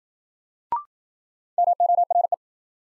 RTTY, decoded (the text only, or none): none